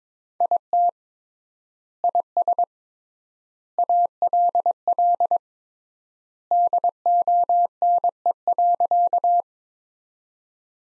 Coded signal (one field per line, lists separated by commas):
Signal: Morse code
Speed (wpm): 21 wpm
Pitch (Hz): 700 Hz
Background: none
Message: IT IS ALL DONE.